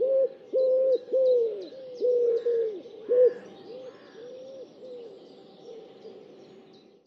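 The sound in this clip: Bird giving low, hollow cooing notes in an uneven run that fades toward the end, with faint higher chirps above.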